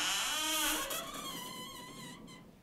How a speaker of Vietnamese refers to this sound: Cánh cửa gỗ mở ra, tiếng bản lề cũ kỹ rít lên.